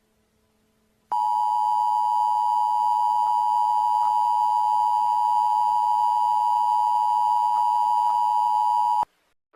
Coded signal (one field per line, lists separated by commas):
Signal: Emergency Alert System (SAME) tones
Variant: 853 and 960 Hz attention tone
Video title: EAS Scenario Part 1 - The Hours Of Joys - Poppy Playtime Chapter 3 Deep Sleep EAS Scenario